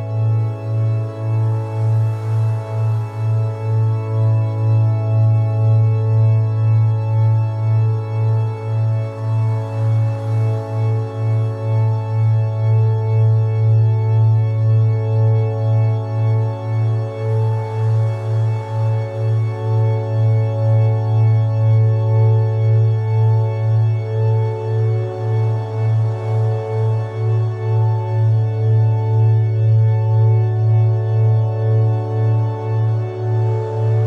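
A deep, steady hum near 110 hz pulses in slow, even waves about once per second, with soft ringing overtones swelling every eight seconds.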